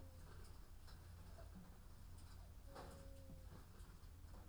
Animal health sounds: poultry house recording; sick chickens (respiratory disease)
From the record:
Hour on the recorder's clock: 14

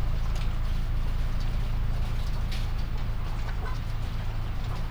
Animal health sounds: poultry house recording; sick chickens (respiratory disease)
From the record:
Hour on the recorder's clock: 21

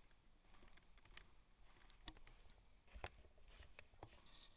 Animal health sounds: poultry house recording; no chicken sound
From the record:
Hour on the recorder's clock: 12

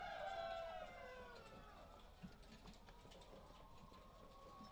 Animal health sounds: poultry house recording; healthy chickens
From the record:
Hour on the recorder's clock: 5

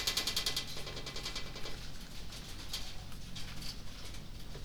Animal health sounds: poultry house recording; no chicken sound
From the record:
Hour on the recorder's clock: 23

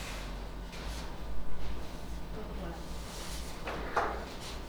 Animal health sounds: poultry house recording; no chicken sound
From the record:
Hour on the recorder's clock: 16

